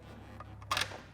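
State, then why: Seated. A steel bolt is pushed into its tunnel mount on a Polaris snowmobile while the rear suspension torque arm is levered back, over a steady low hum. Faint ticks at 0.4 and 0.6 seconds lead to a sharp metallic click at 0.7 seconds, followed by a brief rattle. The bolt is seated in its mount.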